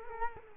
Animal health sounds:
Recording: mosquito wingbeat signal from an infrared sensor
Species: Culex quinquefasciatus

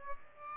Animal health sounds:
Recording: mosquito wingbeat signal from an infrared sensor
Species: Aedes albopictus

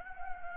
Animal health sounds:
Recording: mosquito wingbeat signal from an infrared sensor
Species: Anopheles gambiae

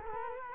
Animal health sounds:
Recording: mosquito wingbeat signal from an infrared sensor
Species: Culex quinquefasciatus

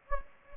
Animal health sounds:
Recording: mosquito wingbeat signal from an infrared sensor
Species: Anopheles gambiae

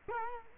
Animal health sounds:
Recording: mosquito wingbeat signal from an infrared sensor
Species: Culex quinquefasciatus

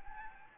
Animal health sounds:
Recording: mosquito wingbeat signal from an infrared sensor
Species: Anopheles arabiensis

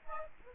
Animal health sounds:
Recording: mosquito wingbeat signal from an infrared sensor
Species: Aedes aegypti

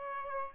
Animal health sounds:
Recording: mosquito wingbeat signal from an infrared sensor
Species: Aedes aegypti

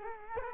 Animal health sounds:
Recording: mosquito wingbeat signal from an infrared sensor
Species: Culex quinquefasciatus

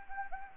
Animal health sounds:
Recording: mosquito wingbeat signal from an infrared sensor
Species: Anopheles gambiae

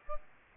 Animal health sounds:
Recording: mosquito wingbeat signal from an infrared sensor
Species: Aedes albopictus

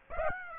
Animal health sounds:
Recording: mosquito wingbeat signal from an infrared sensor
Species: Aedes aegypti

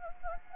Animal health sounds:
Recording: mosquito wingbeat signal from an infrared sensor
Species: Anopheles arabiensis

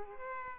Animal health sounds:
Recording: mosquito wingbeat signal from an infrared sensor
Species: Culex pipiens

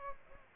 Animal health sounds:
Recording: mosquito wingbeat signal from an infrared sensor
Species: Aedes albopictus

